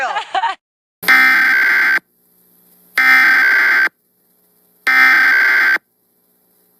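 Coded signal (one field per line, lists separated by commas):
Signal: Emergency Alert System (SAME) tones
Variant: header bursts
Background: speech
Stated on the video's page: Real national periodic EAS test received on TV during a CBS talk show.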